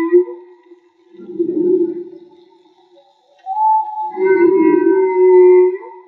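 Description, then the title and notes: Whale song: a brief moan, then a rough swelling groan, followed by a long layered phrase mixing a high whistled tone and a low hum. Whale song, field recording made with DIY hydrophones; audio cleaned afterwards. "CANTO DE BALLENAS MAGMA. Grabación de campo y construcción dehidrofonos DIY: Jorge Barco. Limpieza de audio: Santiago Minotas"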